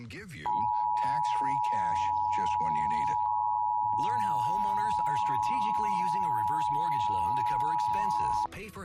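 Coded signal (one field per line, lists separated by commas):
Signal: Emergency Alert System (SAME) tones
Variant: 853 and 960 Hz attention tone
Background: speech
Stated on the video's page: National EAS Test as received in New York City, captured with an HD PVR Rocket.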